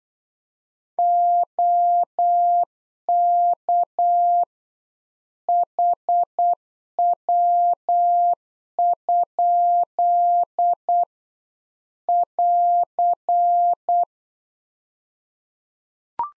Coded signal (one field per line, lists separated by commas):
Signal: Morse code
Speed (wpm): 8 wpm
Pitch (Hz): 700 Hz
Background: none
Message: OK HW? <AR>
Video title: Practice QSO - Exchange 1- Beginning - 8wpm